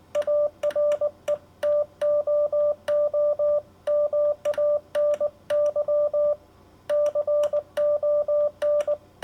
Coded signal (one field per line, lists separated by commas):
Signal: Morse code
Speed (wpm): 19 wpm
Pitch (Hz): 590 Hz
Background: none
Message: ARE TOO MANY CON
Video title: CW Morse – Iambic Paddle – Morse Code Key